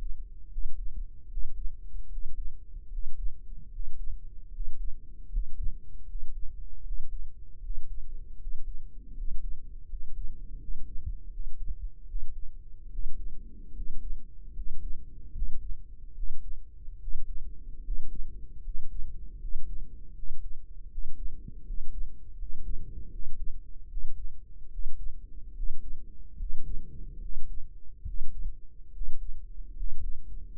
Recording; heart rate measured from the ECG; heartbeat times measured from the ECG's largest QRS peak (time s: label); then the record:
heart sounds by microphone in the right ear; 76 bpm
0.47 s: heartbeat
1.26 s: heartbeat
2.06 s: heartbeat
2.87 s: heartbeat
3.68 s: heartbeat
4.48 s: heartbeat
5.27 s: heartbeat
6.04 s: heartbeat
6.80 s: heartbeat
7.58 s: heartbeat
8.35 s: heartbeat
9.12 s: heartbeat
9.85 s: heartbeat
10.56 s: heartbeat
11.28 s: heartbeat
12.04 s: heartbeat
12.87 s: heartbeat
13.71 s: heartbeat
14.51 s: heartbeat
15.30 s: heartbeat
16.12 s: heartbeat
16.96 s: heartbeat
17.80 s: heartbeat
18.60 s: heartbeat
19.37 s: heartbeat
20.11 s: heartbeat
20.86 s: heartbeat
21.62 s: heartbeat
22.34 s: heartbeat
23.08 s: heartbeat
23.86 s: heartbeat
24.67 s: heartbeat
25.52 s: heartbeat
26.35 s: heartbeat
27.18 s: heartbeat
28.03 s: heartbeat
28.90 s: heartbeat
29.73 s: heartbeat
30.52 s: heartbeat
From the record:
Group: healthy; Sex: male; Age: 23 years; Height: 178 cm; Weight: 96.6 kg